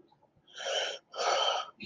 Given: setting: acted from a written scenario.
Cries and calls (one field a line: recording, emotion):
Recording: vocal sound without words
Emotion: fear